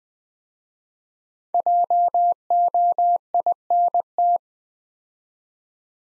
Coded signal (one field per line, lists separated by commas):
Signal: Morse code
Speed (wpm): 20 wpm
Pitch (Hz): 700 Hz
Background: none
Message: JOINT